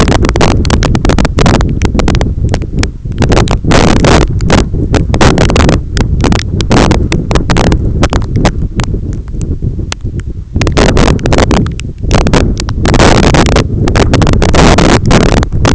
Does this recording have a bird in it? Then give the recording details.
no. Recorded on Arctic tundra, site EABA-1, on 21 June 2018. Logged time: 16:00